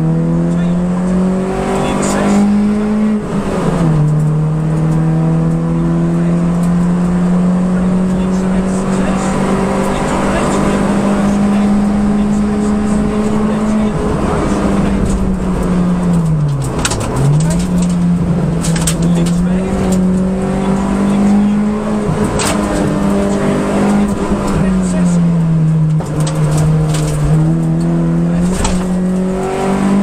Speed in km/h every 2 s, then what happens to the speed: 84, 92, 103, 113, 120, 127, 132, 111, 76, 77, 92, 88, 69, 69, 85.
0-11 speeds up to 132. 11-16 brakes to 76. 16-21 speeds up to 92. 21-24 brakes to 69. 26-30 speeds up to 85.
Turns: 23-27.